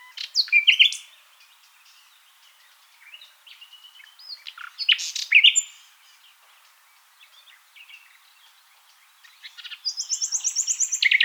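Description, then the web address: Common nightingale song: varied whistled and chattering phrases with pauses, ending in a fast repeated run of high notes. "songs luscinia megarhynchos call"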